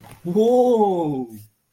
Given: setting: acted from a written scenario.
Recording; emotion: vocal sound without words; positive surprise